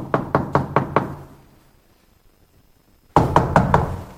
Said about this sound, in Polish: Zapukajmy najpierw do pana. Zobaczmy, czy otworzy nam drzwi.